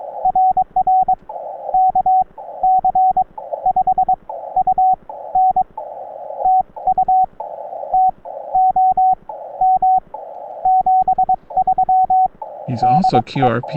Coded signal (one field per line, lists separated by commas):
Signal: Morse code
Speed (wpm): 22 wpm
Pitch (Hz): 750 Hz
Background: speech, radio noise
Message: RR KC5UN TU TOM 73 DE